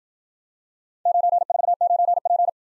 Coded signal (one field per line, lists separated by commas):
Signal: Morse code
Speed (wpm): 54 wpm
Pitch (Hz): 700 Hz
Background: none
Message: 949P